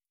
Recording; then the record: hydrophone in a shrimp aquaculture tank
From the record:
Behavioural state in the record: starved